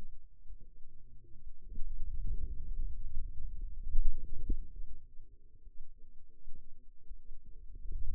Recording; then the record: forearm muscle sounds (acoustic myography)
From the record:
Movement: hand closing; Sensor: system 2, bracelet of six BSWA MPA416 microphones around the upper forearm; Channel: 2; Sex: male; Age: 22 years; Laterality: right